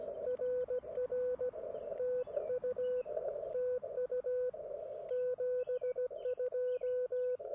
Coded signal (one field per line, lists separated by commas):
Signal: Morse code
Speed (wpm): 16 wpm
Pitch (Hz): 470 Hz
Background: radio noise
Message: RR TU TU 72